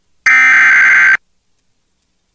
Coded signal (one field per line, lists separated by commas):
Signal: Emergency Alert System (SAME) tones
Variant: header bursts